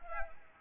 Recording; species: mosquito wingbeat signal from an infrared sensor; Anopheles arabiensis